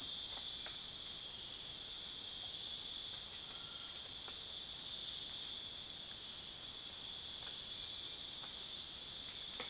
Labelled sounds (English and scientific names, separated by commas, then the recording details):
none
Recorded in dense forest near Puerto Asís, Putumayo, Colombia, on 29 June 2025 at 20:30
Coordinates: 0.484, -76.325
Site H65